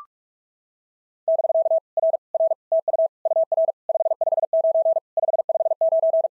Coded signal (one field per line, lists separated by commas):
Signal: Morse code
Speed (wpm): 44 wpm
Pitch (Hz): 660 Hz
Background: none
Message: <BK> R R TU UR 559 559